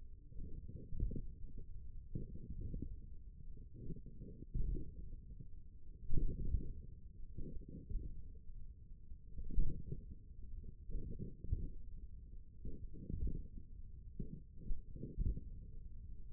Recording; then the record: forearm muscle sounds (acoustic myography)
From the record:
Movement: tripod grip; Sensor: system 1, eight BSWA MPA416 microphones around the upper forearm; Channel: 7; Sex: male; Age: 28 years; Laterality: right